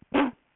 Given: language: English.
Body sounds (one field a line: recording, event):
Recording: throat vibration sensor signal played as sound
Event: cough